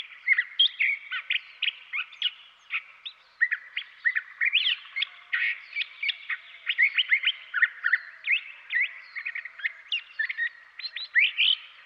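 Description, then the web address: Curve-billed thrasher song: a long, unbroken run of varied whistled and chippy phrases, quick notes jumping up and down. "Dan Gibson Wildlife Identification By Sound, Western North America. Curve-Billed Thrasher"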